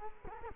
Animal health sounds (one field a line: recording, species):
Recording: mosquito wingbeat signal from an infrared sensor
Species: Culex quinquefasciatus